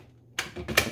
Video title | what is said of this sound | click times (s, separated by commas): Mrs VacLab LIVE #18 Maircle F1 Wet Mop And S3 Stick Vacuum Cleans Linoleum | Click, click, got a click, click, click. Okay, good. We got the click we needed. | 0.4 s, 0.8 s